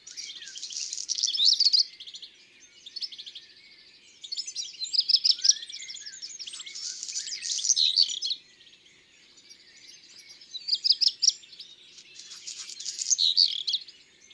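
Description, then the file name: Black redstart singing several strophes, each a rapid jittery run of high notes merging into a gritty crackle, separated by short pauses. "Rougequeue noir ABC des chants doiseaux"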